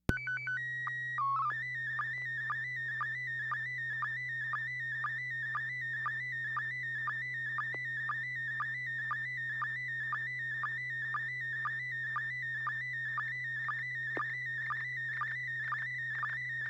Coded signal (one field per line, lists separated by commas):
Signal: SSTV (slow-scan television)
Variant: PD 120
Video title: N6NA SSTV Net - 05/31/2023